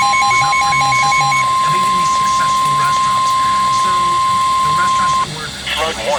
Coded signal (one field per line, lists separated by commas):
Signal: Emergency Alert System (SAME) tones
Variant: 1050 Hz attention tone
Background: speech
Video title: SVR And Flood Warning (EAS 398-399)